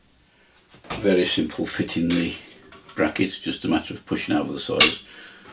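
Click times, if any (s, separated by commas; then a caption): none. A metal mounting bracket, used as a hanger, is pushed over the sides of the end of a Mars-Hydro SP250 LED grow light housing while someone talks. Brief handling knocks sound under the speech, with a sharper burst near 4.8 seconds. Nothing has seated or clicked into place yet.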